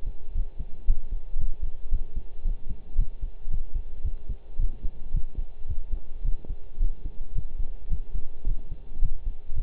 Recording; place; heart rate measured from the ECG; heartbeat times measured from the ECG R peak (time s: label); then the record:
heart sounds by stethoscope; between the tricuspid and mitral areas; 111 bpm
0.35 s: heartbeat
0.87 s: heartbeat
1.39 s: heartbeat
1.92 s: heartbeat
2.45 s: heartbeat
2.98 s: heartbeat
3.51 s: heartbeat
4.04 s: heartbeat
4.59 s: heartbeat
5.14 s: heartbeat
5.68 s: heartbeat
6.24 s: heartbeat
6.80 s: heartbeat
7.35 s: heartbeat
7.90 s: heartbeat
8.46 s: heartbeat
9.02 s: heartbeat
9.56 s: heartbeat
From the record:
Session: pedaling a stationary bicycle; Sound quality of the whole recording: partially saturated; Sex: male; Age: 23 years